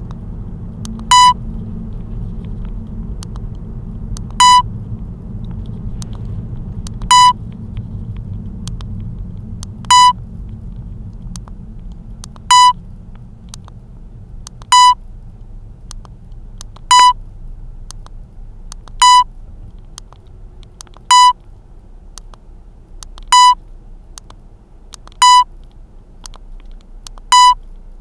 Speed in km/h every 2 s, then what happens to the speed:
42, 41, 39, 36, 31, 24, 20, 16, 13, 12, 9, 8, 7, 6.
0-28 slows to 6.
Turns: none.